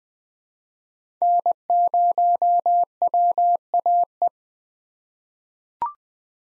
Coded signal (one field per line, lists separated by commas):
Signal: Morse code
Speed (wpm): 20 wpm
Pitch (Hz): 700 Hz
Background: none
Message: N0WAE